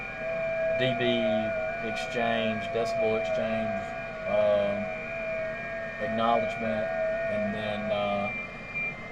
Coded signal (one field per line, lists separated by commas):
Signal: FT8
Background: speech